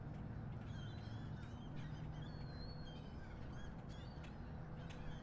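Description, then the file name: Gull cries, a few thin drawn-out squeals and short calls, against heavy low rumbling background noise. Harbor ambience at Miami harbor, recorded at 7 am. "Skyliner-Miami-harbor-7 am-seagul"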